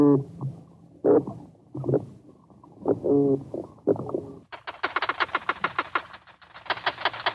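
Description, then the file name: Beluga whale calls: short nasal, tonal squeals with harmonics come in bursts, then give way to fast, rattling pulse trains during the second half. "zvuki belukhi"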